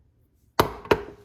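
A metal snap ring is forced down over the sprocket onto an Icebear Champion 125cc (CT70 clone) motorcycle cush hub with heavy pushing, standing on it and hopping, until it clicks into its groove. After near silence, a sharp metallic click at 0.6 s marks the ring snapping into place, followed by a fainter tick and a second sharp hit at about 0.9 s that ring out briefly. The snap ring ends up seated in a good spot.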